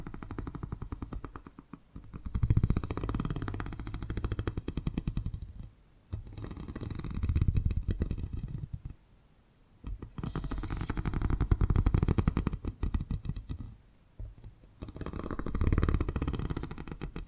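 Purring rumbles in long, low waves, each swelling and fading over a few seconds, with short quiet gaps near 2, 6, 9 and 14 seconds. Each purr has a fine, rapid flutter and a soft hiss riding over the deep rumble.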